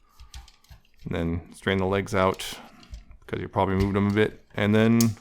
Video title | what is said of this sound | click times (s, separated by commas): Nemesis Transforms Mastermind Creations R-48 Optus Pexus | until it clicks. | 0.3 s